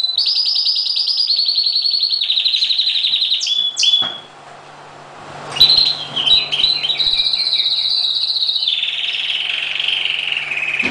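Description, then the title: Oriental magpie-robin song: long runs of rapid buzzy trills with sharp whistled notes, a brief pause near four seconds, then more trilling over a faint low hum. Chirping song. "Kicau Kacer"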